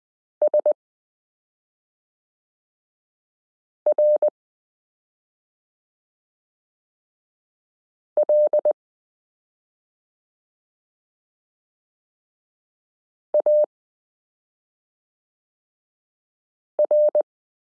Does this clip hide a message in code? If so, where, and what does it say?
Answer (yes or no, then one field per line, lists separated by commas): yes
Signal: Morse code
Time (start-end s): 0.4-17.2 s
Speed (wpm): 20 wpm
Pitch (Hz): 600 Hz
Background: none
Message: SRLAR